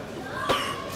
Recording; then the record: coughing mixed with background sound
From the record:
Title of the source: 34 coughing up crap again